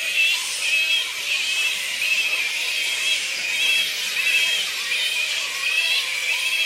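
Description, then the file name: Black flying foxes squeaking in a dense, constant chorus of shrill, overlapping chatter, high and unbroken throughout with no pauses. Colony of black fruit bats giving squeaks. "Black Fruit Bats -Pteropus alecto Colony Squeaks"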